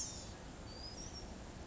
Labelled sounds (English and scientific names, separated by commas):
Blue-gray Gnatcatcher (Polioptila caerulea)